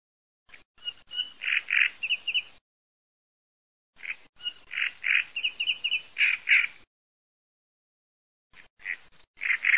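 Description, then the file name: Great reed warbler song in loud bursts of harsh, croaking and chattering notes, each phrase a couple of seconds long, separated by silent pauses. "CANNARECCIONE"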